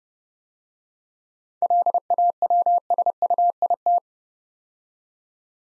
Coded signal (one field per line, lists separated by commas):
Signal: Morse code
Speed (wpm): 30 wpm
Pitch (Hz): 700 Hz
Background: none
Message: LAWSUIT